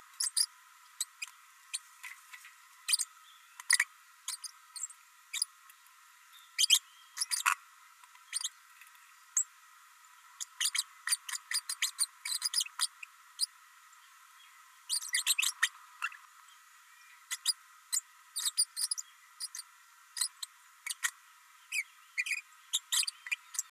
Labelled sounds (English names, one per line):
Green-rumped Parrotlet babbling